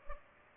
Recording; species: mosquito wingbeat signal from an infrared sensor; Culex pipiens